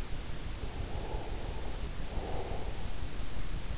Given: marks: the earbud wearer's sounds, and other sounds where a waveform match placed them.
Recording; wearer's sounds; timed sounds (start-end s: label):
sounds in sleep by an in-ear microphone; breath
0.20-3.17 s: breath